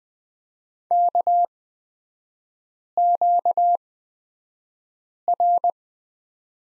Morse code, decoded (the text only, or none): KQR